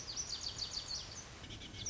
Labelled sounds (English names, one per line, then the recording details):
Lazuli Bunting
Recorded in Sonoma County, California